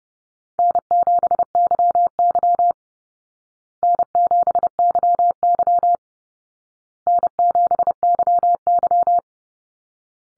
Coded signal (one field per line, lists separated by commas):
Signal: Morse code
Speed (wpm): 30 wpm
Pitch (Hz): 700 Hz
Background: none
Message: N7YY N7YY N7YY